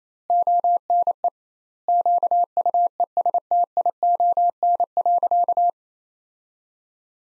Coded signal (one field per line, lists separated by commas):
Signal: Morse code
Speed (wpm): 28 wpm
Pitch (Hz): 700 Hz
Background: none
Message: ONE QUESTION.